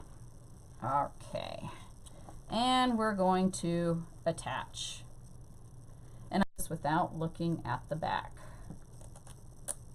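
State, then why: Seated. A decoration piece is fastened to a wreath frame without looking at the back while someone talks. A few quiet ticks come just after 9.0 seconds, then a sharper click at 9.7 seconds as the attachment seats in place.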